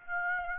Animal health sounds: mosquito wingbeat signal from an infrared sensor; Aedes aegypti

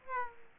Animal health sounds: mosquito wingbeat signal from an infrared sensor; Aedes aegypti

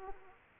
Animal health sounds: mosquito wingbeat signal from an infrared sensor; Aedes aegypti

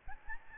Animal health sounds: mosquito wingbeat signal from an infrared sensor; Aedes albopictus

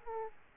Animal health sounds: mosquito wingbeat signal from an infrared sensor; Aedes aegypti

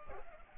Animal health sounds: mosquito wingbeat signal from an infrared sensor; Culex pipiens

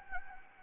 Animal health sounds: mosquito wingbeat signal from an infrared sensor; Anopheles gambiae

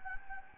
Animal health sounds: mosquito wingbeat signal from an infrared sensor; Anopheles gambiae

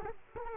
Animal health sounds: mosquito wingbeat signal from an infrared sensor; Culex quinquefasciatus

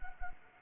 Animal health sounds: mosquito wingbeat signal from an infrared sensor; Anopheles arabiensis

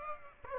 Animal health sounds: mosquito wingbeat signal from an infrared sensor; Aedes aegypti

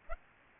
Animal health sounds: mosquito wingbeat signal from an infrared sensor; Aedes aegypti

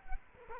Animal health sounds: mosquito wingbeat signal from an infrared sensor; Culex quinquefasciatus

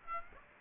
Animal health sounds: mosquito wingbeat signal from an infrared sensor; Aedes aegypti

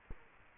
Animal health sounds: mosquito wingbeat signal from an infrared sensor; Culex quinquefasciatus

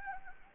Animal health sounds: mosquito wingbeat signal from an infrared sensor; Anopheles gambiae

